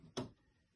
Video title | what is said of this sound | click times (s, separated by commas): AluK aluminium window with a Morley pleated black out blind (watch till the end !!) | it then locks into place | 0.2 s